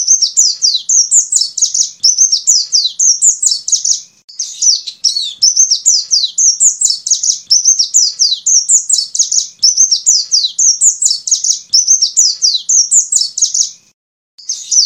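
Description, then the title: White-eye song: a long, rapid, high twittering stream of warbled chirps and sweeping notes, running almost continuously with two brief pauses. "Pleci"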